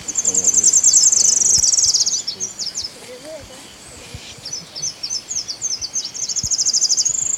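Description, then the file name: Tropical parula song: a high, fast buzzy trill, then a string of separate sharp chips, then the buzzy trill again. "Setophaga pitiayumi - Tropical Parula"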